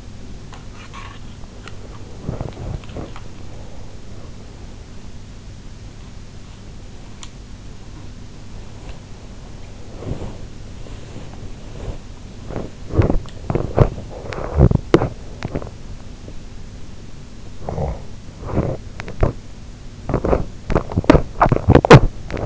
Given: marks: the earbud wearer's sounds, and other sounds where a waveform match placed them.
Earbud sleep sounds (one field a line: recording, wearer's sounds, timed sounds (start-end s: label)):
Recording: sounds in sleep by an in-ear microphone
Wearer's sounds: teeth grinding, body movement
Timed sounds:
0.34-3.07 s: teeth grinding
6.97-7.49 s: teeth grinding
8.38-12.35 s: body movement
12.35-15.92 s: teeth grinding
17.62-19.35 s: teeth grinding
20.01-22.46 s: teeth grinding